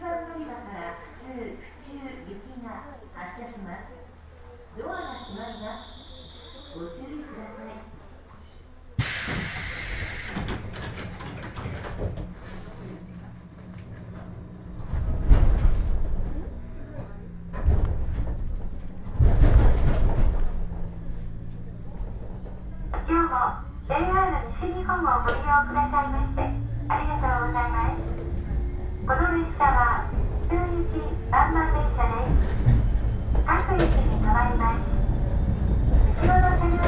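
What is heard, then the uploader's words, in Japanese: A train journey on the Fukuen Line from Fukuyama to Michinoue. Voices talk through the first half, with a brief tone near five seconds and a sharp burst around nine seconds, before the train's low rumble swells and a rising motor whine takes over. 鉄道旅 福塩線 福山→道上。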